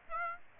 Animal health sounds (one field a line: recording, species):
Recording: mosquito wingbeat signal from an infrared sensor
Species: Aedes aegypti